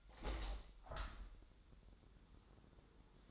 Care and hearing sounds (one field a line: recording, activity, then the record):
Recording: daily activity, microphone in the room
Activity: open window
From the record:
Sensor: 3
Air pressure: 1000.4 hPa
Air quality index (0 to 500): 142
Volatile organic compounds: 2 ppm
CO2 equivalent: 1236 ppm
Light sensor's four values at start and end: 13/34/13/15 and 13/34/13/15